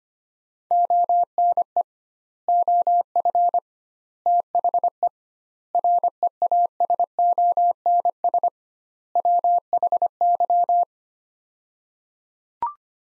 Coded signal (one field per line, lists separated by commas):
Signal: Morse code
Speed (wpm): 25 wpm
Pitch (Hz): 700 Hz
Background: none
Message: ONE OF THE REASONS WHY